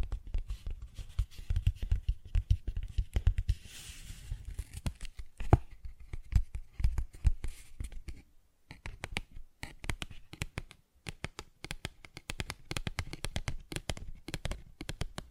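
Paper bag being tapped and scratched, with dense irregular crinkling and sharp taps throughout. The first eight seconds carry more low thumping and a rustling scrape around four seconds; after a brief pause near eight seconds, quicker, lighter tapping clicks continue to the end.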